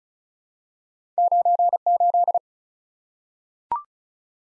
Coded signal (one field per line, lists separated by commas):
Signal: Morse code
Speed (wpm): 36 wpm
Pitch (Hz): 700 Hz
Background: none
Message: 98